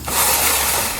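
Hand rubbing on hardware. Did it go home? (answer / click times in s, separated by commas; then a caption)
no / none. A slide-lock lever on the back side of a Smittybilt rooftop tent on a ZR2 is handled as it is pulled back down toward its locked position on the tent base after the tent is slid. A steady hiss-like rustle is heard throughout. Nothing has seated or clicked yet.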